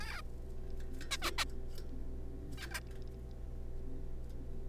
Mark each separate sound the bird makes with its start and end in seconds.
0.01-0.21, 1.11-1.17, 1.22-1.30, 1.38-1.44, 2.58-2.66, 2.71-2.80